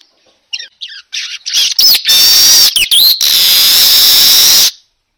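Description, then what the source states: Weaver-type song: a few soft chirps, then a fast harsh buzzing chatter with slurred squeaky whistles that holds steady before cutting off. Lure sound for a weaver, described as gacor, meaning singing loudly and continuously.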